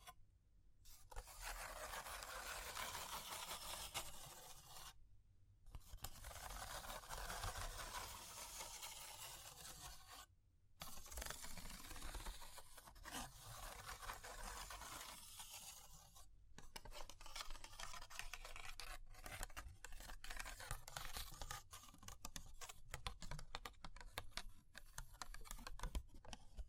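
Fire crackling with dense, rasping scratches and quick tapping that run almost without a break, bright and grainy, stopping briefly near 1, 5, 10 and 16 seconds. After 16 seconds the sound turns choppier, with rapid clicks and sharp pops, over a low rumble underneath.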